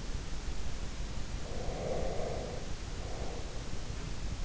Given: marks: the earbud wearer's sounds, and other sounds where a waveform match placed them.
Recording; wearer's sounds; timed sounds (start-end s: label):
sounds in sleep by an in-ear microphone; breath
1.29-3.89 s: breath